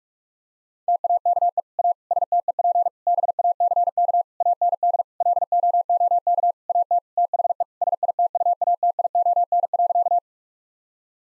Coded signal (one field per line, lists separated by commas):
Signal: Morse code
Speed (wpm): 46 wpm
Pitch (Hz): 700 Hz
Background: none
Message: TAKE A STEP BACK AND LOOK AT THE SITUATION.